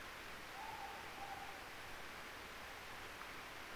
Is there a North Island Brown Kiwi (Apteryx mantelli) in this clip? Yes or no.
no